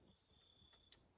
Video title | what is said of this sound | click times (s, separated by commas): Solperk Solar Panels - Upgrade | Look at that. Snap right in. | 0.9 s